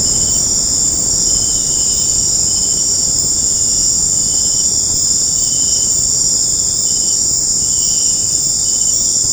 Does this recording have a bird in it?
no